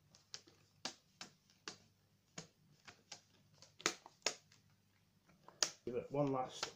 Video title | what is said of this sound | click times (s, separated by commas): How to replace Lenovo Ideapad Screen | you will hear it click into place | 0.3 s, 0.9 s, 1.7 s, 3.9 s, 4.3 s, 5.6 s